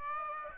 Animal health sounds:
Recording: mosquito wingbeat signal from an infrared sensor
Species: Aedes aegypti

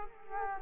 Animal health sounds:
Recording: mosquito wingbeat signal from an infrared sensor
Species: Culex quinquefasciatus

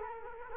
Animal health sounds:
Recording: mosquito wingbeat signal from an infrared sensor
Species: Culex quinquefasciatus

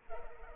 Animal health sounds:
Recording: mosquito wingbeat signal from an infrared sensor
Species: Culex pipiens

